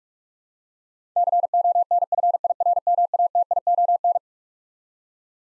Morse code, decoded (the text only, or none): CONFIRMATION